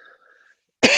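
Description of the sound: Adult man speaking quietly, then a single dry cough, which came on while he was talking.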